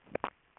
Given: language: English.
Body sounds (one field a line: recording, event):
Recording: throat vibration sensor signal played as sound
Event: swallow